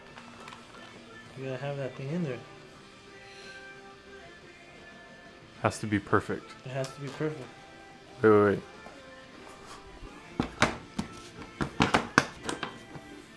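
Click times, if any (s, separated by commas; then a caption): 12.2 s. The rider seat of an FZ-07/MT-07 motorcycle, during a fender eliminator install, is pushed down onto the rear frame into its seat latch while someone talks. A run of sharp knocks follows from about 10.6 s to 12.6 s. The loudest hit, at 12.2 s, is the latch clicking home and the seat is seated.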